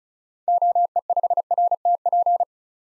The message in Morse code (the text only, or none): OE5RTP